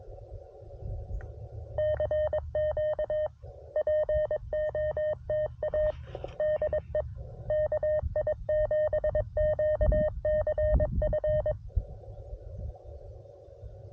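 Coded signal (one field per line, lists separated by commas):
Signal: Morse code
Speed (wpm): 22 wpm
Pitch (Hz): 610 Hz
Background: none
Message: CQ POTA DE KI7QCF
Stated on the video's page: CW park activation on a CFT1 transceiver with MC-750 antenna, T1 tuner and paddle.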